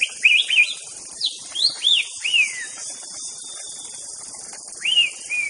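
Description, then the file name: White-rumped Shama song, a series of clear down-slurred whistles and looping notes, pausing, then resuming, against a steady high-pitched insect drone. Forest-living bird. "suara muraibatu hutan. omkicau"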